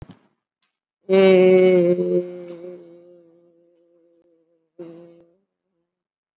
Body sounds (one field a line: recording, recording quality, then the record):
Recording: sustained vowel as in made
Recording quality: excellent, no background noise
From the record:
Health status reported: COVID-19 positive, mild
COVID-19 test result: positive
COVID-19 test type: RT-PCR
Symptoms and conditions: fatigue, muscle pain, hypertension, diabetes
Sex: female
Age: 67 years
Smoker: no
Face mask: not worn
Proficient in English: no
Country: India